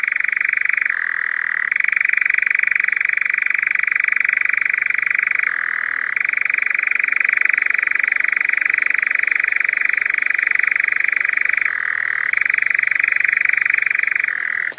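European nightjar giving a long continuous churr, a rapid dry reeling trill that briefly drops to a lower pitch a few times before resuming its higher tone.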